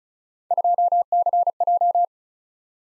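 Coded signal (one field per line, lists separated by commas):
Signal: Morse code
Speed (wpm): 34 wpm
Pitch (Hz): 700 Hz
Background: none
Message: 2CJ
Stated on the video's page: Three-character letter-number practice drill at 30 wpm, starting fast and slowing to a base speed; the final repeat is sent at maximum speed, 1.5 times the slowest.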